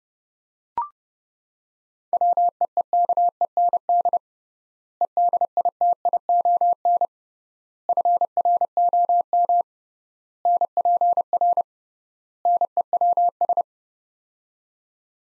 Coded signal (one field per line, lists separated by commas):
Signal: Morse code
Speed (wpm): 30 wpm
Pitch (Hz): 700 Hz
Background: none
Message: WEEKEND EDITION FROM NPR NEWS